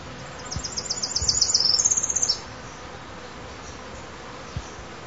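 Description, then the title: Tropical parula song: a quick run of high, thin notes that speeds into a buzzy trill, the whole song lasting about two seconds, with faint low thumps and hiss behind. "LuckyPassaro Completos2Sama. Tropical Parula (Setophaga pitiayumi)"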